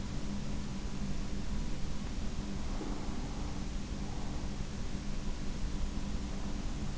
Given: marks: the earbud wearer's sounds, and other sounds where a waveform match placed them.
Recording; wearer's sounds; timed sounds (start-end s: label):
sounds in sleep by an in-ear microphone; breath
2.42-4.48 s: breath